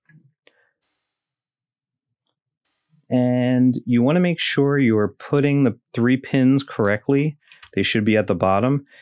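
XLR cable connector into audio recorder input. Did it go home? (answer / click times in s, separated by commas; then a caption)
no / none. A metal XLR cable connector, with its three pins at the bottom, is lined up with an audio recorder's XLR socket before being pushed in. A few faint, brief handling ticks come in the first half second, followed by quiet until someone talks from about 3 seconds onward. Nothing has seated or clicked yet.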